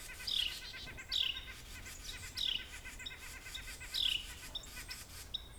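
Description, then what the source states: White-breasted nuthatch calls, four nasal descending notes over constant background noise. Eastern population.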